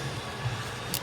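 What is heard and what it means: A new evap canister vent valve for a 2008 Nissan Maxima is wiggled in at about a 45-degree angle and turned until it locks into its bracket on the car. A low steady hum runs under faint handling noise, then a sharp, bright click lands at 0.9 s as the valve twist-locks and seats into place.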